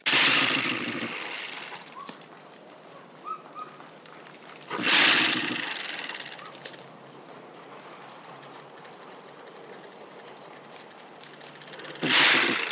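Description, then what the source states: Porcupine sounds: three loud, broad, noisy bursts of puffing and rattling about five to seven seconds apart, with quieter sounds between them. Porcupine puffing, grunting and rattling its quills.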